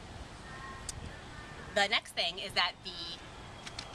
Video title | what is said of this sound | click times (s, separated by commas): Bugaboo Cameleon vs Bugaboo Cameleon 3 / C3 | And when it's fully locked into place, you'll hear the sound and you'll know that your brake is on. | 0.9 s